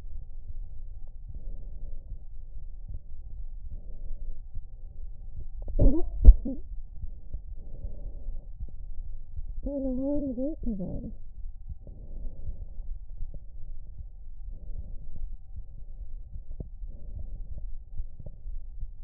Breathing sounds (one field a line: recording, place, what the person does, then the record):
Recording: lung sounds by stethoscope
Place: right anterior apical chest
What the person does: quiet breathing, then cough and speech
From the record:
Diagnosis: interstitial lung disease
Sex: female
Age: 61 years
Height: 155 cm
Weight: 75.5 kg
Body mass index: 31.4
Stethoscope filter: extended mode